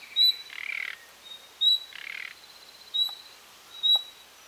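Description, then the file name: Common nightingale calling: clear whistled notes, with two grating rasps between the first few. "Luscinia megarhynchos"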